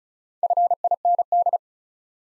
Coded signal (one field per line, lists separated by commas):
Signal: Morse code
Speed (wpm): 44 wpm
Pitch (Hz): 700 Hz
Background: none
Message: FIND